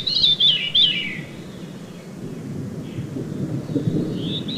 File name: Veery